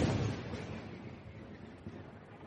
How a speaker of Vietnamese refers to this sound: Nhưng đúng lúc này, bầu trời xám xịt đột nhiên vang lên tiếng sấm kinh thiên động địa.